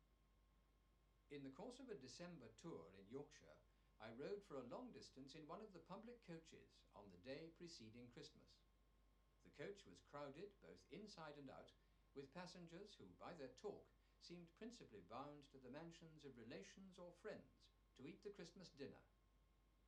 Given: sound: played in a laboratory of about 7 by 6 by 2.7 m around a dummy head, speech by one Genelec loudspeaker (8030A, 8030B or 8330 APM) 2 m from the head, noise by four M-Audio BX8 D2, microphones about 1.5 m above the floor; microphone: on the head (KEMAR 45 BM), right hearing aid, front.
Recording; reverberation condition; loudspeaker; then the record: male speech in English; low; 150 degrees to the right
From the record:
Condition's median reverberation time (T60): about 310 ms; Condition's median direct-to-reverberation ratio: about 3.5 dB